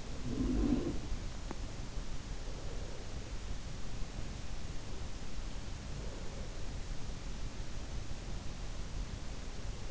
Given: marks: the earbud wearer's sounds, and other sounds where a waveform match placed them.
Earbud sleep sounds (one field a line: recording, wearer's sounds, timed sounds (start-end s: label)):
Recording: sounds in sleep by an in-ear microphone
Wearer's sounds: snoring breath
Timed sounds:
0.00-1.15 s: snoring breath